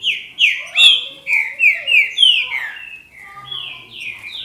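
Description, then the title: Green-winged saltator song: a quick series of clear, downward-slurred whistles repeated about three times a second, then softer, steadier whistled notes. "Trinca Ferro"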